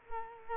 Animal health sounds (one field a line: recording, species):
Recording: mosquito wingbeat signal from an infrared sensor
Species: Culex quinquefasciatus